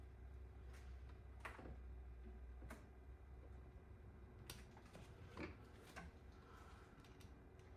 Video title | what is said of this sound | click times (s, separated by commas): Greg NeXT cube 608030 1988 | I think I heard it pop just a little bit. | 4.5 s